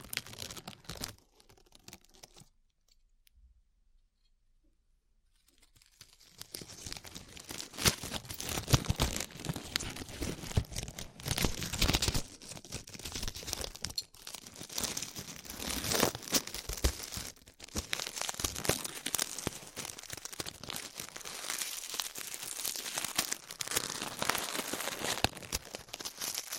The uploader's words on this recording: ASMR Peeling Glue Off Your Ears (No Talking).